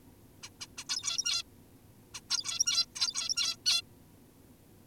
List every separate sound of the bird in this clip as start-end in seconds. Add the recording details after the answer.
0.43-0.50, 0.61-0.67, 0.78-0.84, 0.89-1.43, 2.14-2.21, 2.30-2.86, 2.96-3.56, 3.66-3.82. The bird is an adult. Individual g17y2U